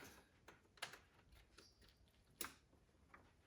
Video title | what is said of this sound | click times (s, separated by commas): BMW 328i E90 Starter Replacement Tutorial - Complete Step-by-Step Guide all N52 engines | that satisfying click when I put it back in there | 2.4 s